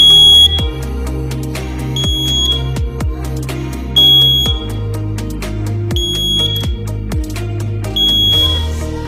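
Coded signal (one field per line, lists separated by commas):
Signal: alarm pattern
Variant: fire alarm panel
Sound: repeated high-pitched electronic beeps, about four, over background music with percussion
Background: music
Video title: THE EARLY NIGHT FIRE ALARM PANEL BOARD BEEPING SOUNDS @caloymixofficialvlog8774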